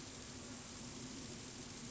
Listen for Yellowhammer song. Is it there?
no